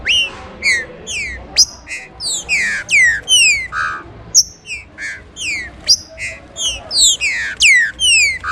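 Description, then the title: Green-winged Saltator singing a fast series of rich, whistled downslurs and short chirps, steady and loud throughout. "Trinca Ferro"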